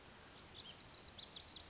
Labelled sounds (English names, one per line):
Lazuli Bunting